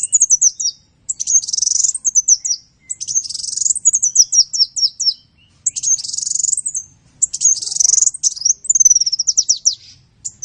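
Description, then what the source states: Van Hasselt's sunbird song: high, thin phrases of rapid descending chips and buzzy notes, delivered in bursts with short pauses between them. Kolibri ninja song used as masteran (tutor) fill-in material for training songbirds.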